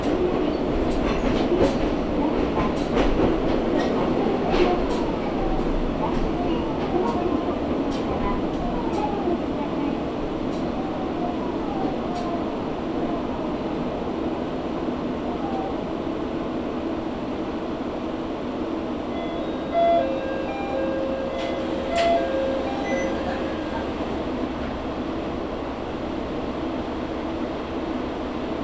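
A ride aboard a Matsuura Railway train: a steady, deep rumble runs through all of it, with scattered clicks and knocks over the first half. After about twenty seconds, thin whining tones appear over the rumble, and a brief louder thump sounds near the twenty-second mark.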